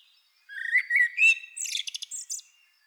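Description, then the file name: Eurasian blackbird gives a single song phrase, a few slurred fluty whistles rising slightly, ending in a scratchy, high-pitched twitter. "Turdus merula"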